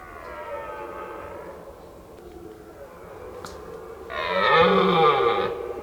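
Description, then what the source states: Red deer roaring, a soft drawn-out moan at first, then a loud, rough roar that swells and falls. During the rut.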